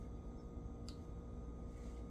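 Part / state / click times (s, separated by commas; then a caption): main blade in a folding multi-tool handle / not seated / none. The main blade of a folding multi-tool is opened from its handle and comes out soft, with no snap into its open position. Over a steady low background hum, only one faint, brief tick is heard at about 0.9 s. Nothing has seated or clicked yet.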